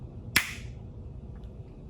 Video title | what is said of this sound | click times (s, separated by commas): FusionMaster Mincer | Once you hear the click, you are ready to go. | 0.4 s